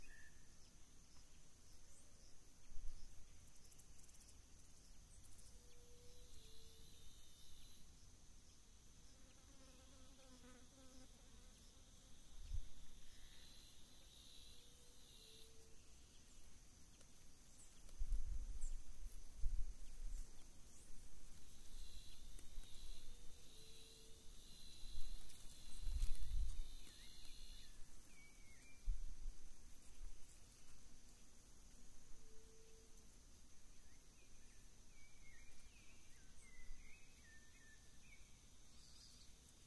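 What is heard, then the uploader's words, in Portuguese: Atlantic tropical forest ambience with a steady, high insect drone running throughout and a few fainter shrill tones layered above it. Short bird chirps and whistles come and go, and low rumbles swell around 12, 18–20 and 26 seconds. Floresta Tropical- Mata Atlântica/Tropical Forest-Atlantic Forest. As florestas ombrófilas densas submontanas se estendem pelas encostas das serras entre as altitudes de 50 a 500 metros.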